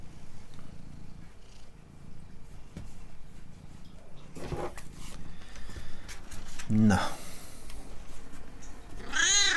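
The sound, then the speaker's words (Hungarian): A cat named Obika, fiddling with a microphone, purrs with a low, steady rumble throughout, breaking into two short, rising meows near the end, while a person speaks a brief word over it. “Na mi van, cica?”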